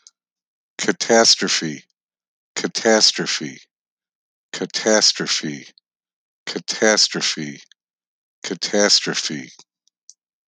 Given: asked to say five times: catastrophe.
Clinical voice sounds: repeated word; male; 50 to 59 years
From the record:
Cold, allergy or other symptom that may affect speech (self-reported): no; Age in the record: 59 years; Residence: Illinois, United States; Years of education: 15

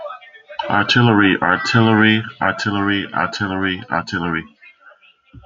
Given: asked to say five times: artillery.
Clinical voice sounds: repeated word; male; 40 to 49 years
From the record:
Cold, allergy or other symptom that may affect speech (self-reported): no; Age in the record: 44 years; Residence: California, United States

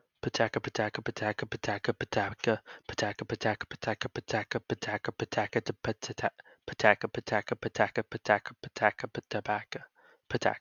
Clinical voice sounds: repeated syllables /pa ta ka/; male; 20 to 29 years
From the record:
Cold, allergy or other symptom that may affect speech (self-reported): no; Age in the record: 20 years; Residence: Pennsylvania, United States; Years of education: 15

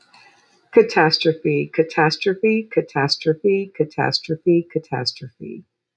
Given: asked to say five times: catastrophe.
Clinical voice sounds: repeated word; female; 60 to 69 years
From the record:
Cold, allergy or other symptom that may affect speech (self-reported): no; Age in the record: 68 years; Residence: Georgia, United States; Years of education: 16

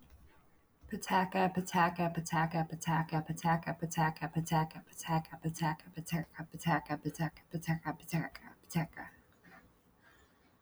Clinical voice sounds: repeated syllables /pa ta ka/; male; 30 to 39 years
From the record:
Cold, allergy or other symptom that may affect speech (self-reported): no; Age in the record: 31 years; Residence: Virginia, United States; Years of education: 12

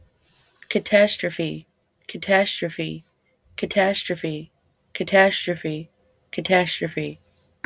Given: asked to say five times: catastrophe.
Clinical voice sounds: repeated word; female; 20 to 29 years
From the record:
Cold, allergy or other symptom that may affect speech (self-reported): no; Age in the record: 28 years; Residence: United States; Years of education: 12

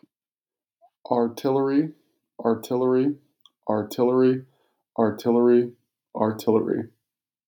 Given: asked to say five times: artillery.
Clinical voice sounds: repeated word; male; 30 to 39 years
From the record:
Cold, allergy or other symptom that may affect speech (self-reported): no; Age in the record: 32 years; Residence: Arizona, United States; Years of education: 16

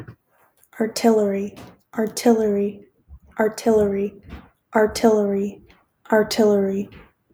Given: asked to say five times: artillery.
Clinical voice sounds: repeated word; female; 20 to 29 years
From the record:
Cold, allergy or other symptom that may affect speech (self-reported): no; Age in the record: 21 years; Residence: Michigan, United States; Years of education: 15

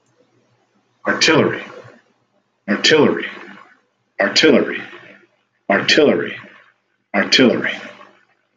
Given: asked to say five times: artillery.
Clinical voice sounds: repeated word; male; 40 to 49 years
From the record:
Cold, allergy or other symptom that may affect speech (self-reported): no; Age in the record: 40 years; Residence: Ohio, United States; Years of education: 12

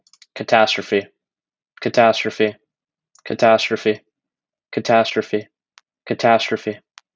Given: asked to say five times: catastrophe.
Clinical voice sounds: repeated word; male; 20 to 29 years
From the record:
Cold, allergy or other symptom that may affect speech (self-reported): no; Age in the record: 20 years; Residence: Texas, United States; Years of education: 16

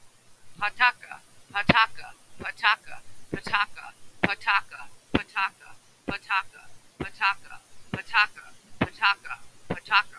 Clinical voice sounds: repeated syllables /pa ta ka/; female; 60 to 69 years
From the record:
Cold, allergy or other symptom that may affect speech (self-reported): no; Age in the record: 69 years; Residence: Rhode Island, United States

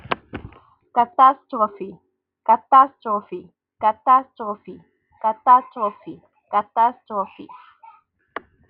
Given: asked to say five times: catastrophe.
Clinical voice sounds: repeated word; female; 30 to 39 years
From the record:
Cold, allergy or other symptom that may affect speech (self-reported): no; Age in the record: 33 years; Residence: Maryland, United States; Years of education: 17

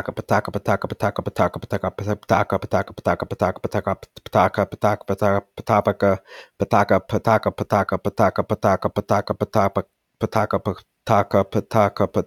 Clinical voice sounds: repeated syllables /pa ta ka/; male; 30 to 39 years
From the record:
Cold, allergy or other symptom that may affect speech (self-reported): no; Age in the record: 33 years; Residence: Georgia, United States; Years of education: 19

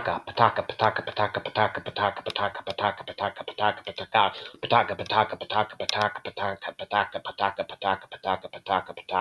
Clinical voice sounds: repeated syllables /pa ta ka/; male; 30 to 39 years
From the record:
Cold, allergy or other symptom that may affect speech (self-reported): no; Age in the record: 37 years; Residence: North Carolina, United States

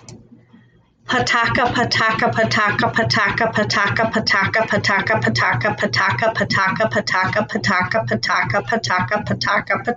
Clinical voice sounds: repeated syllables /pa ta ka/; female; 40 to 49 years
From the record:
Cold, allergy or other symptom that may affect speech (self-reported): no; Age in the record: 48 years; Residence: Missouri, United States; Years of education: 12

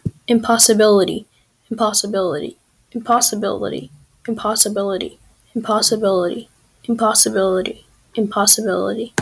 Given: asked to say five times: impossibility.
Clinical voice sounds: repeated word; female; 40 to 49 years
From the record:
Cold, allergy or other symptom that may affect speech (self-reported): no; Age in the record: 45 years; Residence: North Carolina, United States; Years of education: 19

